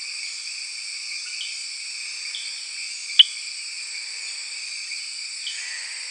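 Eleutherodactylus inguinalis frog: one short, bright click halfway through, with dense shrill insect hum throughout.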